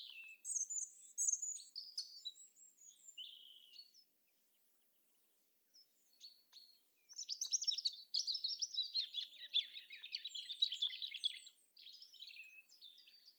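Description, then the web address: European robin song: several high, sweet warbled phrases, about two seconds of silence, then a long, rapid, jumbled rush of twittering notes. "SETE data Erithacus rubecula"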